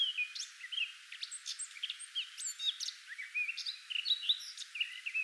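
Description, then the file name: Eurasian blackcap singing a fast, rambling warble of sharp chirps and short sliding whistles without a break. "Sylvia atricapilla"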